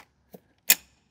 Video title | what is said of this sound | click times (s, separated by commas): I Fixed A Horrible Engine Noise & Dead Cylinder On My LS Police Car! Cheap DIY Fix Anyone Can Do! | a couple of satisfying clicks | 0.7 s